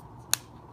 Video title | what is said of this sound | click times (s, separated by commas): Spigen Tough Armor Case for iPhone 6 Plus | Okay, I heard a clicking sound. | 0.3 s